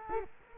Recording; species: mosquito wingbeat signal from an infrared sensor; Culex quinquefasciatus